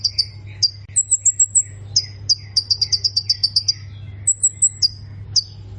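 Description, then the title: Plain prinia repeating high chips in short bursts, mixed with thin higher whistled notes and some softer mid-pitched notes; a steady low hum runs beneath. "Ciblek Sawah"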